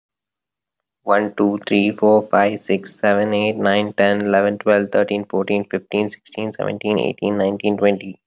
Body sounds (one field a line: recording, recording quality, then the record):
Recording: counting at a normal pace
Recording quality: excellent, no background noise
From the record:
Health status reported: healthy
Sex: male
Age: 26 years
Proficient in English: yes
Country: India